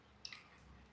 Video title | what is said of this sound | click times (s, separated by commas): Lami Kairo is live! | here is the click again. | 0.2 s